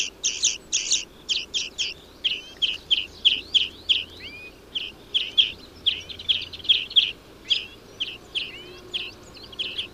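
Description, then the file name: European greenfinch calls, quick twittering chatter mixed with short upslurred whistles, repeated steadily throughout. "Chloris chloris"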